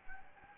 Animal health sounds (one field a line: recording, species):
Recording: mosquito wingbeat signal from an infrared sensor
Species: Anopheles gambiae